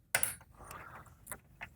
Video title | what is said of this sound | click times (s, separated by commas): How To Build a $1000 Virtual Reality Gaming PC | Now, the just a little more pressure when you go to the diagonal one, but again, just a simple click. | 0.1 s